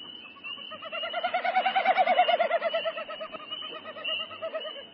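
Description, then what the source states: Wilson's snipe winnowing, a rapid hollow pulsing hoo-hoo-hoo that swells in the middle and fades away, with a thin high tone running steadily above. Winnowing, not a vocalization: made in flight by wind through the spread tail feathers.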